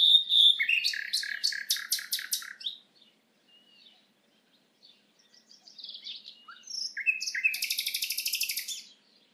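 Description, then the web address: Common nightingale singing varied phrases: a whistled note, a stuttering series of loud clicks, scattered chirps, then a very fast, dry, buzzing trill. "SETE data Luscinia megarhynchos"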